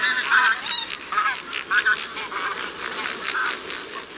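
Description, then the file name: Bean goose: bean geese honking together, many harsh overlapping calls with a few clearer nasal notes rising above the steady din of the flock. "geszbozowa"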